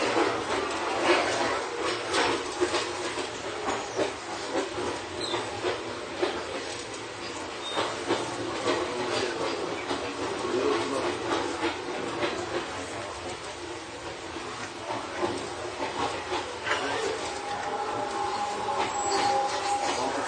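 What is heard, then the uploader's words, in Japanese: Inside a steel-bodied commuter train on the move, a steady, dense rumble fills the car, broken by frequent rail-joint clatter and rattles. Level stays fairly even, dipping slightly midway, and a thin whine rises near the end. 伊豆箱根鉄道3000系(鋼製車) 修善寺〜三島。車体は20ｍ級3扉車。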